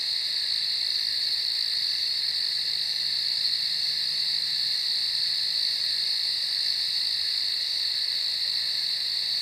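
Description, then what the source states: Cricket chorus, an unbroken high-pitched trilling drone from many insects, constant in level across the whole stretch. Recorded in a field at night.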